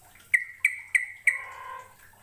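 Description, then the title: Bird giving four sharp chirps about a third of a second apart, the last trailing into a softer tone. "Kicau Burung"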